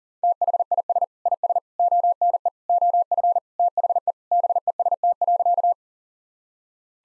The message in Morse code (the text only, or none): THIS IS ONE OF THE BEST.